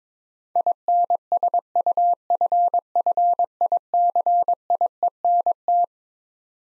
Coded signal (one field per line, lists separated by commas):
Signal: Morse code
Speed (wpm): 22 wpm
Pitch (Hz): 700 Hz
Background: none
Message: INSUFFICIENT